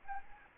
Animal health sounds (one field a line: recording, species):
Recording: mosquito wingbeat signal from an infrared sensor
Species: Anopheles arabiensis